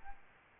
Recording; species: mosquito wingbeat signal from an infrared sensor; Aedes albopictus